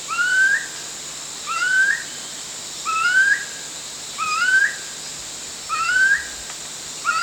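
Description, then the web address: Chestnut-collared kingfisher repeating clear rising whistles, about six, evenly spaced, against a continuous high background drone. Recorded at Danum on 1 January 2008. "DANUM 20080101. chestnut-collared kingfisher"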